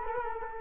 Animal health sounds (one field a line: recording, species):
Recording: mosquito wingbeat signal from an infrared sensor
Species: Culex quinquefasciatus